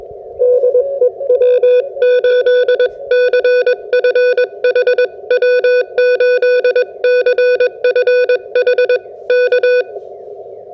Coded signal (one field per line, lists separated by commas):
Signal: Morse code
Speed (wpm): 21 wpm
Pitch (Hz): 500 Hz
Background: none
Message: DE W8CFH W8CFH K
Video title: SOTA POTA 150 Antenna Review with Full POTA Activation